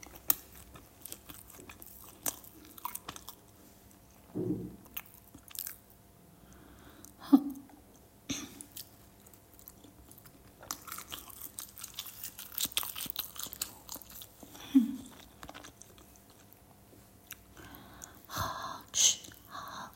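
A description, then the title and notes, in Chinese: Close, crisp crunching and chewing with wet mouth sounds, irregular bites every few seconds, a few sharper crunches near 7 and 15 seconds. 脆脆的咀嚼声 | 吃饭口水音 | 耳边吟唱。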